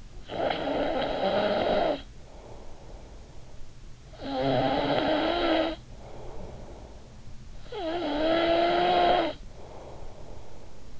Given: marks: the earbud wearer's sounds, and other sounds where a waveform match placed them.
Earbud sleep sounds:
sounds in sleep by an in-ear microphone; snoring breath
0.00-7.29 s: snoring breath
7.49-11.00 s: snoring breath

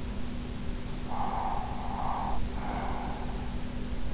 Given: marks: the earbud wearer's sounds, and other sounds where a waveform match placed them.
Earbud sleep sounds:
sounds in sleep by an in-ear microphone; breath
0.53-3.92 s: breath

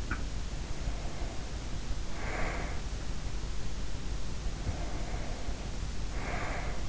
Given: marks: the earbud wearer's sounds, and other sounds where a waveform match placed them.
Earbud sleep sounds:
sounds in sleep by an in-ear microphone; breath
0.00-0.32 s: sound from someone else or the room
0.46-3.24 s: breath
4.53-6.89 s: breath

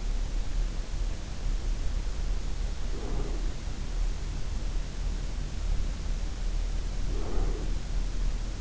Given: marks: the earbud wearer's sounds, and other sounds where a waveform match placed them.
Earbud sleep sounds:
sounds in sleep by an in-ear microphone; breath
2.69-3.80 s: breath
6.98-8.13 s: breath

